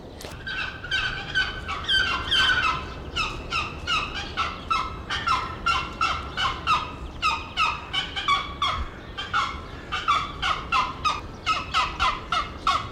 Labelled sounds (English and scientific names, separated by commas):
Pallas's Fish Eagle (Haliaeetus leucoryphus)